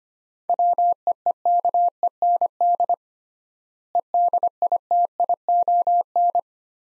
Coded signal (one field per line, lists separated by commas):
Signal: Morse code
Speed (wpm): 25 wpm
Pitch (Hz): 700 Hz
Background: none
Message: WEEKEND EDITION